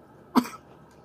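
A single short cough from an adult, a brief burst of broadband noise lasting about a quarter second, heard while smoking cannabis.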